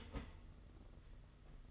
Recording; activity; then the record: daily activity, microphone in the room; start toaster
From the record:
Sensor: 4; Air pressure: 992.4 hPa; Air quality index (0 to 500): 144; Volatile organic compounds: 82 ppm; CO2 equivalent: 3620 ppm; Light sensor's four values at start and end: 18/62/22/23 and 18/62/22/23